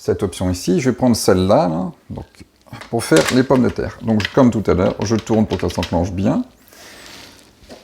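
Someone talks while turning a plastic cutting blade insert, chosen for making potatoes, into the spiralizer attachment housing of a Kenwood Cooking Chef kitchen machine (KAX700PL spiralizer). After the talking stops around 6.4 s, only a quiet hiss and a faint short sound at 6.7 s follow. The insert has not seated or clicked into place yet.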